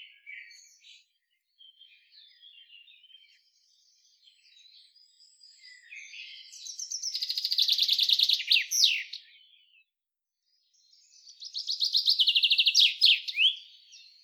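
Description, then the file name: Common chaffinch singing twice, a rattling series of notes closing with a sharp flourish, after soft scattered chirps. "Fringilla coelebs"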